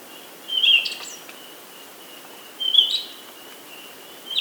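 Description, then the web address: Glossy-black thrush giving brief high squeaky phrases, three heard about two seconds apart, with a steady thin high tone beneath. Recorded in South America. "Natures Songs S America Glossy-Black Thrush (Turdus Serranus"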